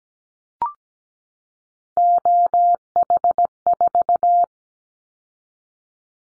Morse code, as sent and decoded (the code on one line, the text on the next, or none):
--- .... ....-
OH4